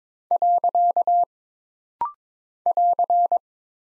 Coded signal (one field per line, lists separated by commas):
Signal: Morse code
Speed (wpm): 22 wpm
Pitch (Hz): 700 Hz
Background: none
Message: . <AR>